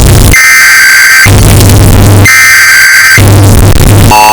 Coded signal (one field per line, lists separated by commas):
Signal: Emergency Alert System (SAME) tones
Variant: header bursts